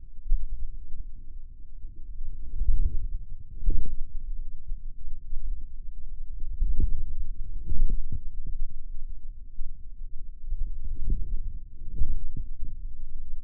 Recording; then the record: forearm muscle sounds (acoustic myography)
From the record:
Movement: inward rotation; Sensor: system 2, bracelet of six BSWA MPA416 microphones around the upper forearm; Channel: 4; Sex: male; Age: 22 years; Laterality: right